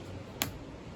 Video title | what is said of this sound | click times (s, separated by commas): 🌍✈️ James's Ultimate 6-Month Round-the-World Trip Packing Guide! ✈️🌍 | That is a lot of noise, a lot of pulling on your bag, and a nice click sound like that to help alert you that your bag is opening. | 0.4 s